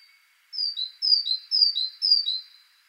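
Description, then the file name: Great tit song starting after a brief pause, then four rhythmic high-low whistled pairs in steady succession. "Parus major"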